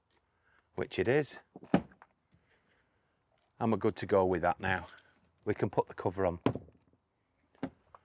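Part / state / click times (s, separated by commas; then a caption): plastic cowling onto caravan door magnet retainer base / seated / 7.6 s. Someone talks, then a plastic cover (cowling) is pushed onto the base of a caravan door's magnetic retainer. It snaps into place with a short click at 7.6 s and is seated and located.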